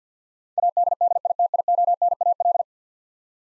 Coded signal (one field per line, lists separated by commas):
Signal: Morse code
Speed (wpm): 50 wpm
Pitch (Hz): 700 Hz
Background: none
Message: ADDITIONAL